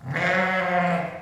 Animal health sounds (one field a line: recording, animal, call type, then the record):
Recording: contact call of a hoofed animal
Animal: sheep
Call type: low-frequency (closed-mouth) or high-frequency (open-mouth) call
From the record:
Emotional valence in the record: positive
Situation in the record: reunion with pen mate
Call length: 1.22 s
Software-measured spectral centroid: 1750 Hz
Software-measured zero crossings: 2030 a second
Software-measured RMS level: -24 dBFS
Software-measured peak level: -10 dBFS